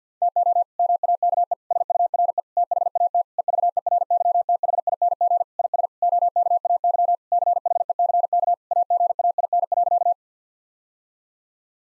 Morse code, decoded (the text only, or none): TO MAKE SURE THAT EVERYTHING IS OKAY CHECK AGAIN.